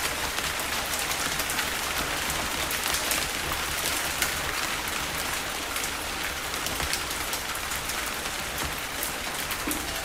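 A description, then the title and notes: Gentle night rain falls steadily, a dense, even hiss of drops with countless tiny ticks and patters spread across the whole ten seconds. The sound sits bright, with a soft low rumble underneath and no pauses or swells in loudness. Gentle Night Rain.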